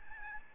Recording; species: mosquito wingbeat signal from an infrared sensor; Aedes albopictus